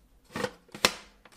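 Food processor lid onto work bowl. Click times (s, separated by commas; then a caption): 0.8 s. The plastic lid of a KitchenAid 5 Cup Food Processor is placed on the work bowl and slid away until it locks. A scraping slide around 0.4 s leads into a sharp click at 0.9 s, and the lid is locked in place.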